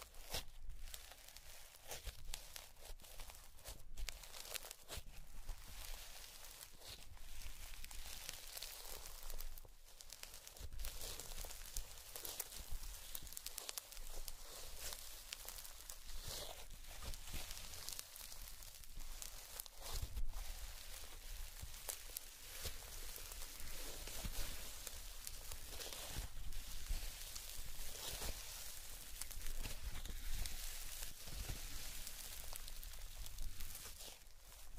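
Sticky slime crackles and squelches steadily over a crayon scratching, with a dense, bright, rustling texture that barely lets up. Sharp taps and clicks break through often and irregularly, a few louder ones near the start and around ten and twenty seconds. A low rumble sits underneath.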